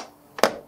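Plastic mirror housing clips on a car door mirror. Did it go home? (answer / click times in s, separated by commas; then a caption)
released / 0.4 s. The plastic door-mirror housing on an Audi A4 B8 is pried off its two retaining clips during removal to swap in dynamic turn signals. After near silence, two sharp plastic clicks come in quick succession at about 0.4 s and 0.4 s, the second louder and ringing briefly. Both clips let go cleanly, and the housing comes free.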